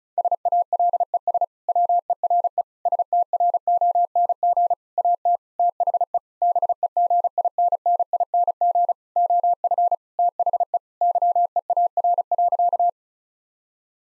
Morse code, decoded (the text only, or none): SALES WERE STRONG AT THE BEGINNING OF THE YEAR.